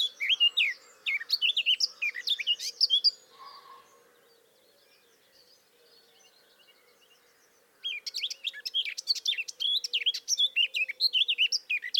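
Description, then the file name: Eurasian blackcap warbling quickly for about three seconds, a long quiet gap, then another lengthy, varied run of whistled and twittering notes. "Sylvia atricapilla"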